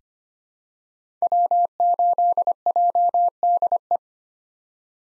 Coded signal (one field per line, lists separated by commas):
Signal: Morse code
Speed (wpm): 25 wpm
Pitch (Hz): 700 Hz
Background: none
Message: W8JDE